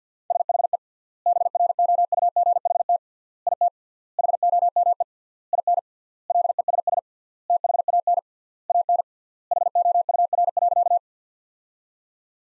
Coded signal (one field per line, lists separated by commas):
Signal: Morse code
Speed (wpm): 50 wpm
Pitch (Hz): 700 Hz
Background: none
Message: SHE BROUGHT IT HOME IN LESS THAN AN HOUR.